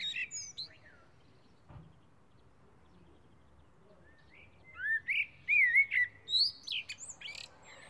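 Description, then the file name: Common blackbird: a brief high squeak, a long pause, then a flowing phrase of looping whistles climbing into thin high twitters. "Turdus merula"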